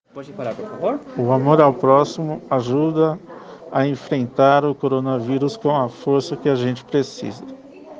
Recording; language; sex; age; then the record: spoken sentence; Brazilian Portuguese; male; 40 to 49 years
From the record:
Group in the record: respiratory insufficiency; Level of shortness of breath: 5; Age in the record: 43 years